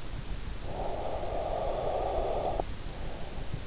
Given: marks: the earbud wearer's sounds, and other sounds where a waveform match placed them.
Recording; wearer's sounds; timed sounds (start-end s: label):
sounds in sleep by an in-ear microphone; breath
0.49-3.67 s: breath